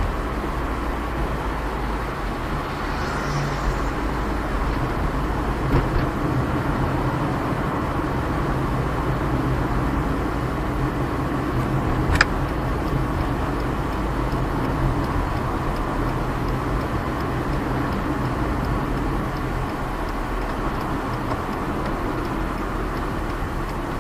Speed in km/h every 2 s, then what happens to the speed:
45, 43, 41, 42, 42, 42, 43, 41, 41, 43, 42, 35.
0-19 steady at about 42. 19-24 slows to 35.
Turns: none.